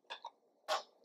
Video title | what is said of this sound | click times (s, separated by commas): Diamond Art Club FIRST LOOK - Paracelsus The Philosopher's Familiar by Alchemy Carta England! | Just a little click like that, and it should be locked. | 0.2 s